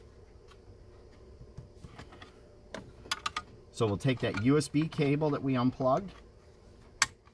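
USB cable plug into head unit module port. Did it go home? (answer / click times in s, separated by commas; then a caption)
yes / 7.0 s. A previously unplugged USB cable plug is slid back into its port on the head unit radio module during a 4-inch to 8-inch factory SYNC 3 upgrade conversion on a 2019+ Ford Mustang. Faint ticks of handling around 2.0 to 3.4 seconds are followed by someone talking, then a single sharp click at 7.0 seconds as the plug latches and seats.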